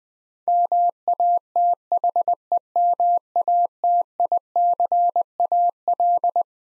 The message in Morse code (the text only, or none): MATHEMATICAL